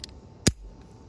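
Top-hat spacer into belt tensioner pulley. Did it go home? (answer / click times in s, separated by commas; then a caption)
yes / 0.5 s. A small metal top-hat spacer is pressed one-handed into the belt tensioner pulley of a 2001 Camaro SS. A single sharp, loud snap at 0.5 s stands out against faint ticks near the start and end. The spacer seats in the pulley.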